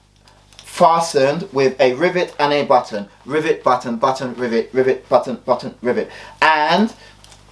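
Someone talks while handling the press stud on a pocket flap of a Stone Island Shadow Project Mussola Gommata rubberised cotton field jacket, with only a few faint ticks of handling heard. The snap button has not been pressed shut yet, and nothing has seated or clicked.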